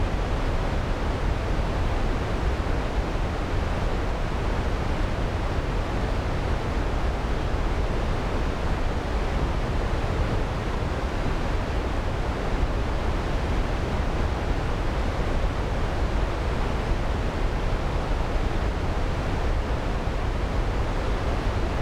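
A waterfall roars without pause, a dense, even wash of falling water that never rises or fades over the whole stretch. The sound is heavy and rumbling in the low end, with a softer hiss above, steady with no separate events.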